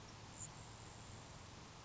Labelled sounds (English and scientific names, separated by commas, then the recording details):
Grasshopper Sparrow (Ammodramus savannarum)
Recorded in Sonoma County, California